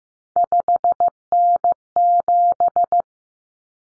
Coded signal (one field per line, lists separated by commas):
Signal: Morse code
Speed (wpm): 15 wpm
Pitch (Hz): 700 Hz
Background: none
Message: 5N7